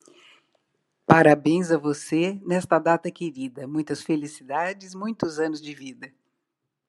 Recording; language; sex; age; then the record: short text; Brazilian Portuguese; female; 70 to 79 years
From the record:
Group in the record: control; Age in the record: 78 years